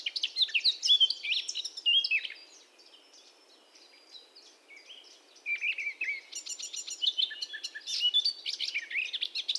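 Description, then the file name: Eurasian blackcap warbling loudly for two seconds, then softer twittering, before a long stretch of varied, fluty and scratchy phrases. "Sylvia atricapilla"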